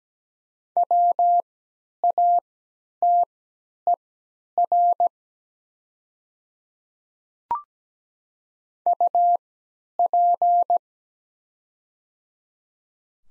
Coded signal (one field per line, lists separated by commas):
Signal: Morse code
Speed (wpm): 17 wpm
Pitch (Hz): 700 Hz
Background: none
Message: WATER UP